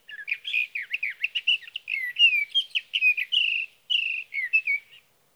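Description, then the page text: Sage thrasher song of rapid, varied warbling notes, slurred whistles and buzzy phrases pouring out almost continuously for five seconds. Male singing at night near his night roost, evening June 12 to morning June 15, 2018, Sierra Valley, California; night songs, recorded with an autonomous recorder. "Sage thrasher songs, through the night."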